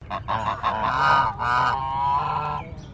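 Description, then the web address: Chinese goose honking, a run of loud nasal, harmonic honks in quick succession with brief breaks, lasting about three seconds. "Sound Effects-Foundation 1 BIRD GEESE CHINESE HONK"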